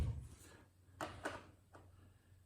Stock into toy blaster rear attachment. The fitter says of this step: Okay, so that one locks in.